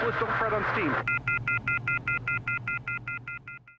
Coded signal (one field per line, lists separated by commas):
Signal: telephone call progress tone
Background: speech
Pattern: off-hook warning tone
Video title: In-Game Phone System | Unreal Engine 5